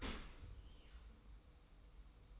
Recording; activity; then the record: daily activity, microphone in the room; open dishwasher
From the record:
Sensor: 1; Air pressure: 990.4 hPa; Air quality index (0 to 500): 175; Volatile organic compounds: 1000 ppm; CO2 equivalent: 6432 ppm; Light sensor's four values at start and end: 24/55/23/25 and 24/55/23/25